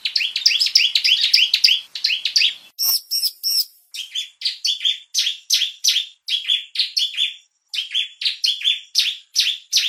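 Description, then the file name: Bar-winged prinia calls: rapid, nearly continuous chipping notes, a brief high buzzy burst near three seconds, then many repeated chirps with short gaps. Call used as a lure to attract birds. "suara pikat burung ciblek"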